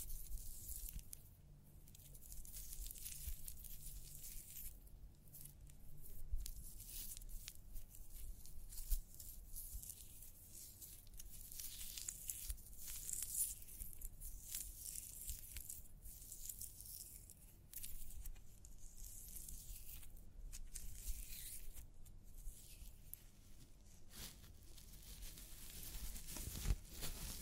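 Hair being washed and the scalp massaged: a dense, continuous wet rubbing and squishing with bright, hissy texture. Brief louder scrubbing bursts come irregularly every second or two, with short quieter gaps, and a faint low hum sits underneath throughout.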